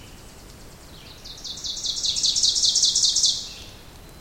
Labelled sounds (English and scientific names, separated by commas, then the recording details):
Ovenbird (Seiurus aurocapilla) song
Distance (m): 5 m
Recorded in boreal forest in Alberta, Canada, on 2 June 2016 at 08:52
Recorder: SongMeter 3, array SBT-3-7
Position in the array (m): 213 m, 34 m
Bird 6